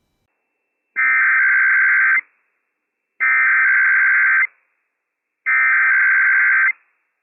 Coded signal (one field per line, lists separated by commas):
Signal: Emergency Alert System (SAME) tones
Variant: header bursts